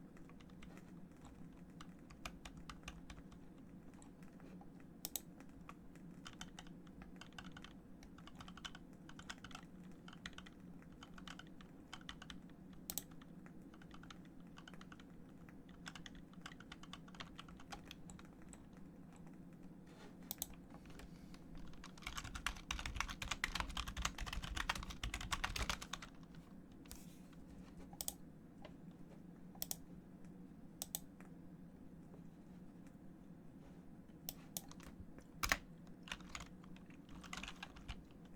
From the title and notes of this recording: ASMR Keyboard sounds & mouse sounds No Talking.